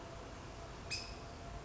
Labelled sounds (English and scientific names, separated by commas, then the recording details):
California Towhee (Melozone crissalis)
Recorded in Sonoma County, California